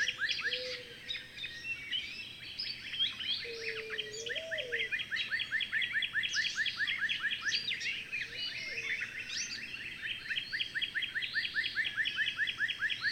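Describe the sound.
Bird song of continuous, busy rising chirps throughout, with occasional low whistles that swoop up and back down beneath them.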